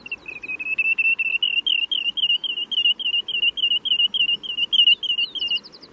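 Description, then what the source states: Wandering Tattler calling in a fast run of many high, clear notes that waver slightly up and down, lasting over five seconds. Undulating call, probably reflected in its Hawaiian name ulili and Tahitian name uriri; ranges along Pacific shores, nesting in mountains of Alaska, western Canada and eastern Russia.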